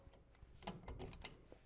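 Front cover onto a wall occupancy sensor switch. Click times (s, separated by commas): 0.7 s, 1.2 s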